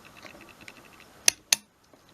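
A RAM module already slid into the SO-DIMM memory slot of an Acer Nitro 5 laptop is pressed down until its side retention clips snap shut. Faint light ticks are followed by two loud, sharp clicks at 1.3 s and 1.5 s, and the module is seated.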